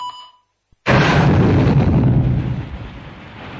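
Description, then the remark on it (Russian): A few high electronic beeps from a remote control button being pressed fade into silence, then a sudden, deafening explosion bursts in with a wide roaring blast that shakes the walls and slowly settles into a long, rumbling decay. “Взрыв был оглушающим. Стены содрогнулись.”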